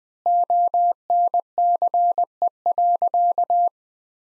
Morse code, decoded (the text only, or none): ONCE.